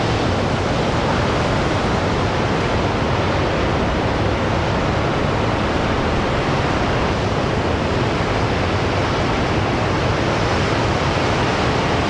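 Atlantic waves crash against steep sea cliffs, heard as a dense, unbroken roar that holds steady for the whole stretch. The sound is full and close, with deep rumbling underneath and a hissing spray on top, and no separate breaks stand out.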